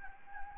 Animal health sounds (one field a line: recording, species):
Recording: mosquito wingbeat signal from an infrared sensor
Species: Anopheles gambiae